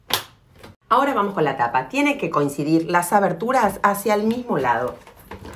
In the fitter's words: comenzamos por encastrar la base apoyamos hacia arriba hasta Escuchar El click ahora